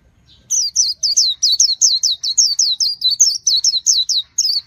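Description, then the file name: White-eye song: a long unbroken run of high, sharp, falling chirps, several per second. "tieng khuyen liu"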